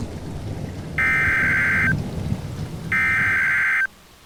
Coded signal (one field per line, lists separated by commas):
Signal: Emergency Alert System (SAME) tones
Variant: header bursts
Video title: EAS Scenario : Tornado Warning but more background action